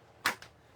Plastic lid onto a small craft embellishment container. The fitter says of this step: put the top on everyone heard that click